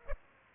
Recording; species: mosquito wingbeat signal from an infrared sensor; Aedes aegypti